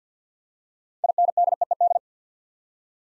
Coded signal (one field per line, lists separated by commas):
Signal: Morse code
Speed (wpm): 50 wpm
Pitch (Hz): 700 Hz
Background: none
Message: INDEED